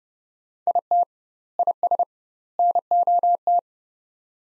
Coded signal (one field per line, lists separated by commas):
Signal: Morse code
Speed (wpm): 30 wpm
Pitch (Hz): 700 Hz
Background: none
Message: IT IS NOT